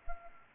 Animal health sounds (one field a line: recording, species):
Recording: mosquito wingbeat signal from an infrared sensor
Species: Anopheles gambiae